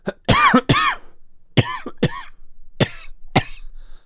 Double Coughs Getting Worse.